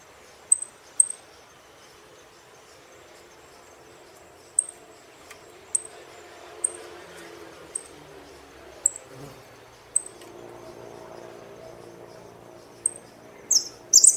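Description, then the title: Saffron finch calling with thin, high chips spread throughout, ending in a short flurry of quick, squeaky notes. "Jilguero Argentino"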